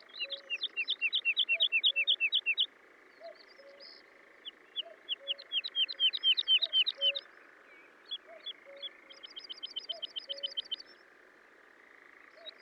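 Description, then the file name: Woodlark song in several phrases of rapidly repeated downslurred notes and a quick trill, while a lower bird note repeats steadily in the background. "British Library - ZHavoronok Lesnoj"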